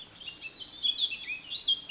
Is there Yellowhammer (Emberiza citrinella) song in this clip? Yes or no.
no